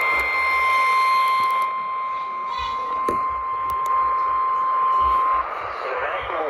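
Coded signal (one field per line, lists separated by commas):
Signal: Emergency Alert System (SAME) tones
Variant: 1050 Hz attention tone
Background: speech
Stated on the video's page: Severe thunderstorm warning received from radio station WLAC.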